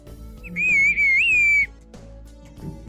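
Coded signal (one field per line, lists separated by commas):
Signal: whistled language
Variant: Turkish bird language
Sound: one loud sustained whistle gliding up and down around 2-2.5 kHz, lasting about a second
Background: quiet room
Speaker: Les habitants du village de Cusco, nous appelons cette langue le langage des oiseaux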